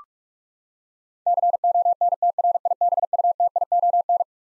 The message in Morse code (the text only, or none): CONTRIBUTION